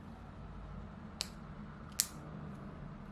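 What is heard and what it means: After being pulled off by its small white tab, a Roche Solo Micropump insulin patch pump is lined up sideways on its infusion assembly base and pushed down while twisting. Two short, sharp clicks ring out at 1.2 s and 2.0 s over a quiet, steady background, and the pump locks into place on the base.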